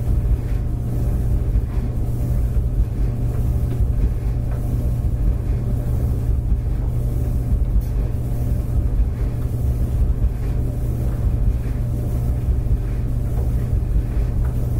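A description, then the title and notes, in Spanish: A clothes dryer runs with a steady, unbroken low rumble and a faint hum riding above it. The sound stays even for the whole stretch, with only soft, irregular ticks and brushes surfacing now and then over the deep drone. Secarropas.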